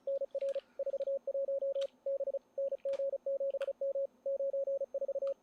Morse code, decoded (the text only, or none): NR 41 B NG7M 94